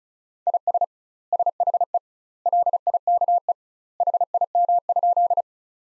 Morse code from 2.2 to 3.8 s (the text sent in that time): LIKE